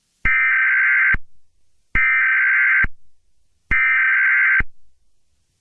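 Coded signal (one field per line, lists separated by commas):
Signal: Emergency Alert System (SAME) tones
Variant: header bursts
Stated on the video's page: Fictional alert scenario.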